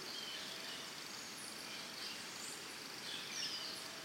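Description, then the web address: Crickets keep up a high, unbroken trill while a few thin whistled bird notes come through over a hissy insect background. Early morning in Costa Rica, with birds calling alongside the crickets. "Big Room Sound Birds Crickets Costa Rica Early Morning"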